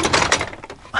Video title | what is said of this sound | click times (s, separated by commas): Medical Golf Cart - 5 Passenger EMS Electric Shuttle From Moto Electric Vehicles | look it's guides it right on there and locks into place it's | 0.1 s, 0.3 s